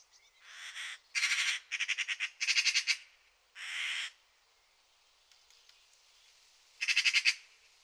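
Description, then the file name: Eurasian magpie chattering: several harsh, rattling bursts of rapid clicks, some smoother rasping squawks between them, then a final rattle after a pause. "Pica pica"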